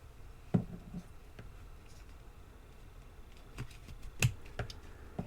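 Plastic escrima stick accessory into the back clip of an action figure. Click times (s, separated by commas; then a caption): 4.2 s. A plastic escrima stick accessory is pushed edge-first into the clip on the back of a McFarlane DC Multiverse Gotham Knights Nightwing action figure, with light plastic taps and handling sounds around 0.6, 4.6, 4.7 and 5.2 seconds. A sharp click at 4.2 seconds marks the stick locking into place, and it sits seated in the back clip.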